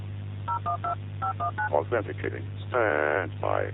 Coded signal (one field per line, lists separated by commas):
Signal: DTMF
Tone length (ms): 110 ms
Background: speech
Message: 012519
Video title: EAS Scenario: The Morning Of (Official Teaser)